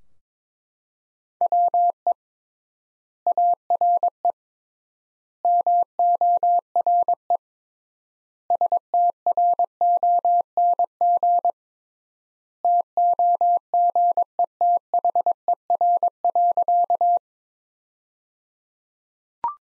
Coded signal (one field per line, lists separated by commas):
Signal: Morse code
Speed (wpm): 22 wpm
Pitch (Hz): 700 Hz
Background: none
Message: WE ARE MORE STRONG TOGETHER.